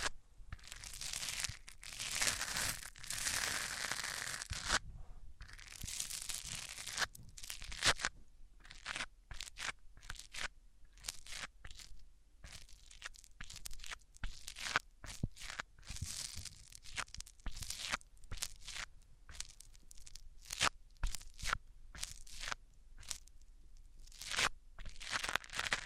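Microphones are rubbed across different surfaces, making scratchy, crinkly friction noise. The first eight seconds hold longer, brighter scraping strokes. After that come short, irregular rubs and crunches in quick succession, separated by brief silences, with a faint low rumble underneath.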